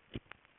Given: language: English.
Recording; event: throat vibration sensor signal played as sound; swallow